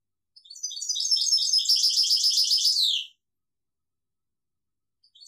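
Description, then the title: European goldfinch song, a rapid tinkling twitter of high notes lasting about three seconds, ending in a falling trill, then near silence with a faint note at the close. "Chant Chardonneret"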